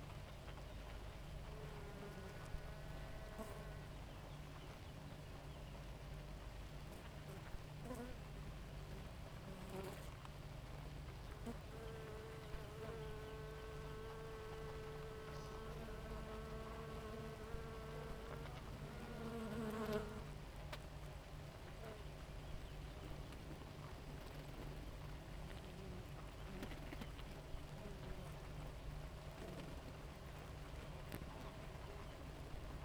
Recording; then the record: honeybee colony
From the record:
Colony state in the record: active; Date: 28 July 2017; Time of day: 4:08